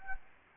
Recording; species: mosquito wingbeat signal from an infrared sensor; Anopheles gambiae